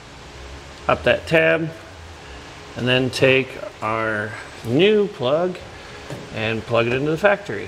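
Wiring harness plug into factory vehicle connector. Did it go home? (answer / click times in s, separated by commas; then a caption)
no / none. A new Mighty Cord 5th wheel and gooseneck wiring harness plug is handled and brought to the factory wiring connector on a 2023 Chevrolet Silverado 2500 while someone talks over a steady background hiss. The clip ends before the plug goes home, so nothing has seated or clicked yet.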